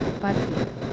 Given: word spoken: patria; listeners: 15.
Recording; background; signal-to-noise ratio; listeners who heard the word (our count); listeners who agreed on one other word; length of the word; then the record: one Spanish word in noise, from a listening test; noise modulated by three-talker babble; -3.2 dB; 0 of 15; 7 of 15; 0.53 s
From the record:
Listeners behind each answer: 7, 3, 1, 1, 1, 1, 1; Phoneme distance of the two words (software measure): 17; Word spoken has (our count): 2 syllables, 6 phonemes, stress on syllable 1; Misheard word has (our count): 2 syllables, 5 phonemes, stress on syllable 1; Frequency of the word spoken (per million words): 49.20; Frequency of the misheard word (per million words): 38.90